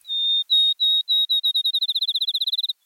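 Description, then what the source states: Field Sparrow singing a sweet whistled series, slow notes at first then quickening steadily into a fast even trill, heard cleanly without other sounds. Sweetly whistled song that speeds toward a melodious trill.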